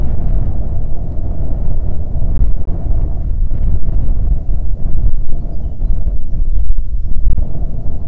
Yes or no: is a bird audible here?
yes